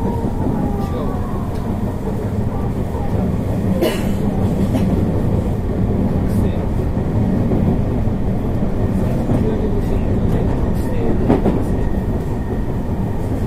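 A 221 series electric train running, its low rumble steady and dense from start to finish. Sharp clacks stand out near four seconds and again around eleven, and a faint whining tone drifts downward in the opening seconds.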